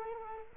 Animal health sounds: mosquito wingbeat signal from an infrared sensor; Culex quinquefasciatus

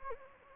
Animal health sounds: mosquito wingbeat signal from an infrared sensor; Anopheles gambiae

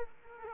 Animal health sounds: mosquito wingbeat signal from an infrared sensor; Aedes aegypti

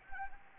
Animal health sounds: mosquito wingbeat signal from an infrared sensor; Anopheles arabiensis

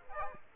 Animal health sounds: mosquito wingbeat signal from an infrared sensor; Aedes aegypti

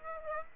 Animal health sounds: mosquito wingbeat signal from an infrared sensor; Aedes aegypti

